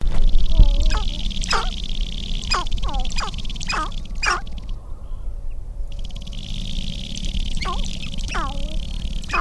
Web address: Laura's Natural Sounds Sharp-tailed Grouse